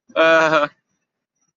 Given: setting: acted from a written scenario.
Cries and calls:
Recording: vocal sound without words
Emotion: guilt

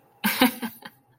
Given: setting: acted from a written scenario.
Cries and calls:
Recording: vocal sound without words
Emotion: amusement

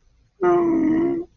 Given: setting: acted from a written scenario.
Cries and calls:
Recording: vocal sound without words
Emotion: shame

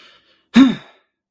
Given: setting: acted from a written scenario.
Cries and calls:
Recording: vocal sound without words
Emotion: triumph

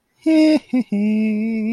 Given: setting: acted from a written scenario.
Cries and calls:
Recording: vocal sound without words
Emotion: serenity

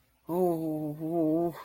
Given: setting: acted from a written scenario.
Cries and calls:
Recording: vocal sound without words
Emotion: distress

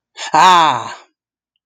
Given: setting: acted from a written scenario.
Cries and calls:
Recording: vocal sound without words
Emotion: triumph

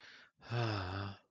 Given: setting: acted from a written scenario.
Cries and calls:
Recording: vocal sound without words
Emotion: sadness

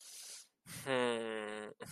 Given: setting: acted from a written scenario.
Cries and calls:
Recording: vocal sound without words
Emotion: shame

